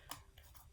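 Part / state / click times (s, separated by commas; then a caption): small plastic fitting into a paint sprayer front/cup assembly / seated / 0.1 s. A small plastic piece is lined up on the front assembly of a Wagner Flexio 4000 paint sprayer, after the suction tube and paint cup, and pressed on. A sharp click at 0.1 s shows it snapping into place, followed by a fainter tick near 0.4 s. The piece is seated.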